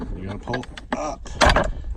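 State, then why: Released. The retaining clips of a center console cup holder trim panel in a 2012 GMC Yukon Denali pop loose as the trim is pulled straight up out of the console. Someone talks while sharp pops sound at 0.9 s and 1.4 s, with a shorter scraping crackle between and after them. The clips release and the trim comes free of the console.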